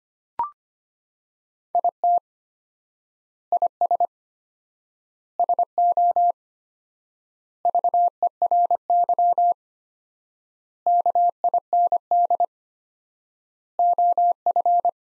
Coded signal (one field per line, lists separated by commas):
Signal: Morse code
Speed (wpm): 25 wpm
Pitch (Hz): 700 Hz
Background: none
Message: IT IS SO VERY KIND OF